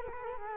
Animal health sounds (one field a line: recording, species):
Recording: mosquito wingbeat signal from an infrared sensor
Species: Culex quinquefasciatus